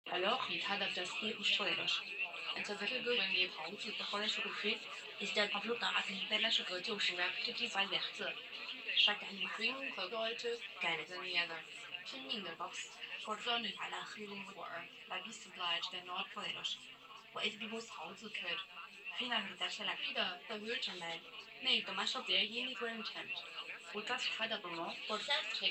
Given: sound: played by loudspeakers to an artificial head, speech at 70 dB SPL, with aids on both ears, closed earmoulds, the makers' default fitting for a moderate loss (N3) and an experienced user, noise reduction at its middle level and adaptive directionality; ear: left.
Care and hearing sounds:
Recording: speech test signal (ISTS) in cocktail-party noise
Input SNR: +9 dB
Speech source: on the right (90 degrees)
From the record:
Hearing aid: class 1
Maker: I

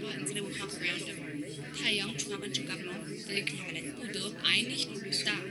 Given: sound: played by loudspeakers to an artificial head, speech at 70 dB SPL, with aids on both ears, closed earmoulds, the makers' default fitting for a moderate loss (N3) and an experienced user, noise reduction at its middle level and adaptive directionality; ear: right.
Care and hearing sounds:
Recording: speech test signal (ISTS) in cocktail-party noise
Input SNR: -6 dB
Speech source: in front (0 degrees)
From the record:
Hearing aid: class 2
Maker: J

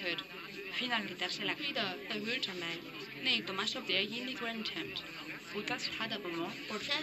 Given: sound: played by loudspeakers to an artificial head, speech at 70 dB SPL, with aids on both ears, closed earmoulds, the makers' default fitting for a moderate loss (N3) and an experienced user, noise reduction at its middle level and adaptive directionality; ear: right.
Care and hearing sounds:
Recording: speech test signal (ISTS) in cocktail-party noise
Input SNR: +3 dB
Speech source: in front (0 degrees)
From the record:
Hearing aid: class 1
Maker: D

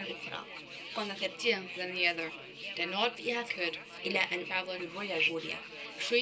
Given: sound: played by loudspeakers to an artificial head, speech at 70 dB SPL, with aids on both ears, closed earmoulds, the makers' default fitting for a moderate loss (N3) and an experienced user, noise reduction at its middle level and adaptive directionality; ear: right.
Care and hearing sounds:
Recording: speech test signal (ISTS) in cocktail-party noise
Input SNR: +9 dB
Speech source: in front (0 degrees)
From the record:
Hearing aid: class 2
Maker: C

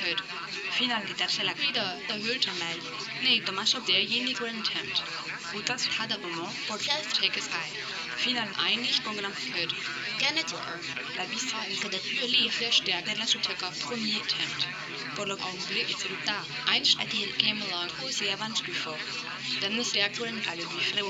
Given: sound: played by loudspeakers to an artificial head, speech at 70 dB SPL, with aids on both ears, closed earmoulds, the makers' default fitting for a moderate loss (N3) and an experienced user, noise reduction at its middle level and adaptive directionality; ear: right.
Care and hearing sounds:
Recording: speech test signal (ISTS) in cocktail-party noise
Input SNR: 0 dB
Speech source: on the right (90 degrees)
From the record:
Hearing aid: class 1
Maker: A

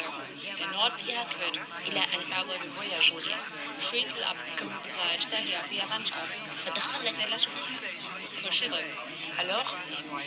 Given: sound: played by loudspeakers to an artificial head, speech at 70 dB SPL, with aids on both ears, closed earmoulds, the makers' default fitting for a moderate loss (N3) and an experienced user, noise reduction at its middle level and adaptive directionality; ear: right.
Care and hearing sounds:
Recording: speech test signal (ISTS) in cocktail-party noise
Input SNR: -6 dB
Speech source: on the right (90 degrees)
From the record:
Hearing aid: class 1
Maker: G

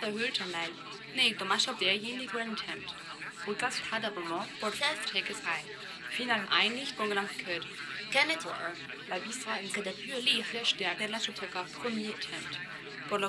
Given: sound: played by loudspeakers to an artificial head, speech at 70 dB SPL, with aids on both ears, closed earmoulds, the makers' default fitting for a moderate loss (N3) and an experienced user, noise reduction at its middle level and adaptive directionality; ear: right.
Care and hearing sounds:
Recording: speech test signal (ISTS) in cocktail-party noise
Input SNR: +3 dB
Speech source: in front (0 degrees)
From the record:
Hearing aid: class 1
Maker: E

